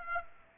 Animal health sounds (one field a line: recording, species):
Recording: mosquito wingbeat signal from an infrared sensor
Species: Aedes aegypti